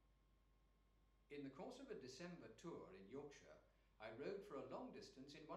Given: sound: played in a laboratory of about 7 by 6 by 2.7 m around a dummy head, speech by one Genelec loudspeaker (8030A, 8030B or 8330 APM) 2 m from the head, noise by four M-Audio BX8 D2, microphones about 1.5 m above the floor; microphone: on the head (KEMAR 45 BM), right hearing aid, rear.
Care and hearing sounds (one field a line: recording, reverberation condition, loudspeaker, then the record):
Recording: male speech in English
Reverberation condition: medium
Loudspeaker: 60 degrees to the right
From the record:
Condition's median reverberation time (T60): about 510 ms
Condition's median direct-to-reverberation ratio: about -0.5 dB